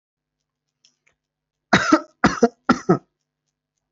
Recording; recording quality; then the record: shallow voluntary cough; excellent, no background noise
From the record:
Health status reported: healthy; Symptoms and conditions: none ticked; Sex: male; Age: 25 years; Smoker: not ticked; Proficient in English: yes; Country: India